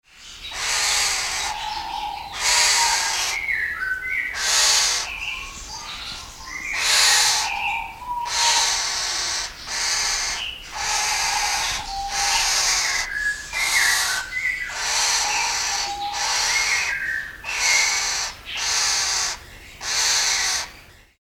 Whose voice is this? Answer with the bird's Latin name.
Ailuroedus buccoides